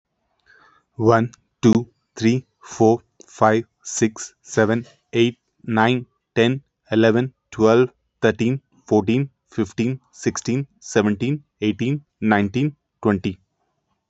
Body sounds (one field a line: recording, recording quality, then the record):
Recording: counting at a normal pace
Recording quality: excellent, no background noise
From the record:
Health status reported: healthy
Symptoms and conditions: none ticked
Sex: male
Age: 31 years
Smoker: not ticked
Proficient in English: yes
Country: India